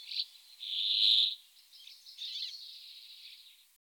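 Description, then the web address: Brambling song: a single long, harsh buzzing wheeze, followed by faint twittering notes. "Fringilla montifringilla. ns svatomartinska alej"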